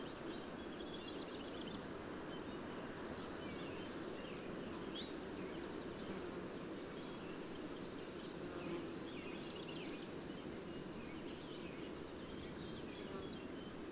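Bird song: several short phrases of very high, thin whistled notes spaced a few seconds apart, with a hissing low background throughout.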